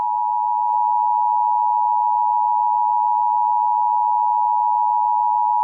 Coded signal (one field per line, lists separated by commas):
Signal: Emergency Alert System (SAME) tones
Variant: 853 and 960 Hz attention tone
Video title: Eas Scenario 002 - Nuclear Power Plant Incident